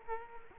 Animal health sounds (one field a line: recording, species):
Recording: mosquito wingbeat signal from an infrared sensor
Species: Culex quinquefasciatus